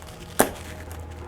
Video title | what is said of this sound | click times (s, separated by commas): Paige Onweller - How to fix your bike 101 - Professional gravel racer. | until tonight there we go okay so did you hear the click so that's the cue for me is that | 0.4 s